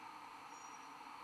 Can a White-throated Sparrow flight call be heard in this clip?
no